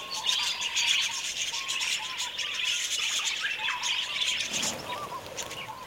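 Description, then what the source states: Budgerigars chattering as a flock, a dense stream of high twittering and scratchy chirps with lower wavering warbles running throughout. Several budgies.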